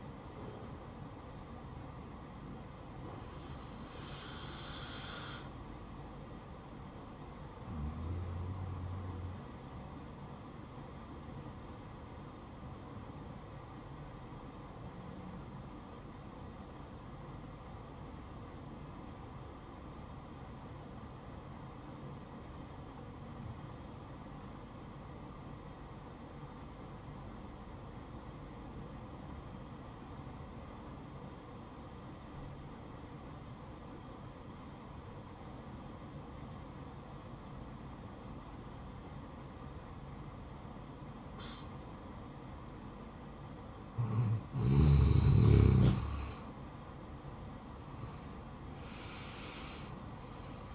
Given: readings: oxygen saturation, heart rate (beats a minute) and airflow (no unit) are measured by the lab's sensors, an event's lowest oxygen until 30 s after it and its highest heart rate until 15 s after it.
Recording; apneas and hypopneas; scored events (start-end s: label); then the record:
breathing in sleep by a smartphone at the bedside; 1
13.00-46.20 s: obstructive apnea (N1, oxygen 97% highest, then 84% lowest, heart rate 65 at the start, 72 highest)
25.00-50.75 s: new sleep stage, N2 (light sleep)
From the record:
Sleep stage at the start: N1 (lightest sleep); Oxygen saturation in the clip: 87 to 97%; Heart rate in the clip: 58 to 72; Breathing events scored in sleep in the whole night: 573 in 9.8 hours asleep